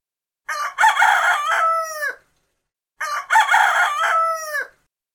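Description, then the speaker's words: Rooster crowing, two full cock-a-doodle-doo calls, each ending in a drawn-out falling note. The rooster wakes early, crowing before dawn and again at sunrise. "The rooster wakes up early. He crows before dawn and again when the sun comes up."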